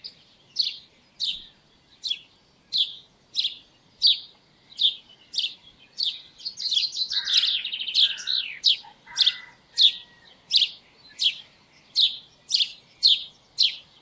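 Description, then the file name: House sparrow giving regular sharp chirps, broken midway by a brief lower, harsh chattering burst before the even chirping resumes. "Passer domesticus"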